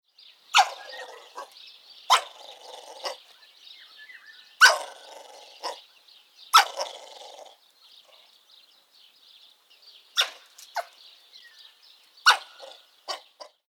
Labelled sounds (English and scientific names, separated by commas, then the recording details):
African Wild Dog (Lycaon pictus)
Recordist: Tembrock, Günter
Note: Kurzlaute und Knurren